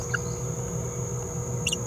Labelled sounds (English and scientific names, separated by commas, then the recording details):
Green-rumped Parrotlet (Forpus passerinus) babbling
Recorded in a nest box in Venezuela
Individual 18B17A3